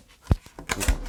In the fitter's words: it locks in place in both places so it doesn't tip backwards and forwards.